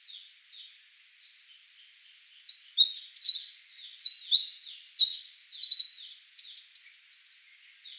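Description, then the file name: Eurasian wren song: a faint high trill opens, then after a short pause a loud, rapid cascade of shrill notes and rattling trills lasting about five seconds. "Troglodytes troglodytes"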